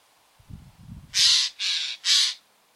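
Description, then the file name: Eurasian jay uttering three loud, raspy screeches in a row after a brief low rumble. "Garrulus glandarius"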